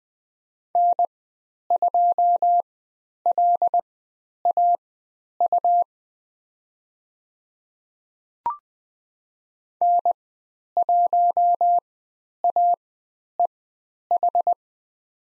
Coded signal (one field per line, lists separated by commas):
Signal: Morse code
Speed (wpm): 20 wpm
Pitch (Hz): 700 Hz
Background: none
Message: N2LAU N1AEH